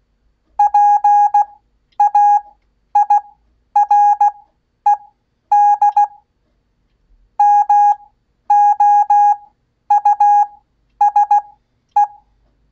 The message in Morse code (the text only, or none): PAIRED MOUSE